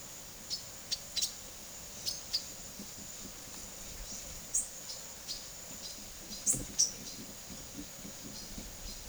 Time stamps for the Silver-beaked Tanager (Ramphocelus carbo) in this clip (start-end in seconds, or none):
0.53-2.49, 3.92-7.27, 8.33-9.09